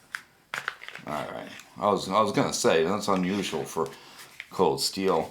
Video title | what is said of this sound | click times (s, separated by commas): Cold Steel Recon Tanto Knife Unboxing | they usually do snap in pretty tight yeah that is that is pretty tight so | 0.1 s